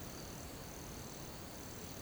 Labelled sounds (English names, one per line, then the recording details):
none
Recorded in pastures near Puerto Asís, Putumayo, Colombia, on 13 March 2025 at 10:30
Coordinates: 0.486, -76.323
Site G075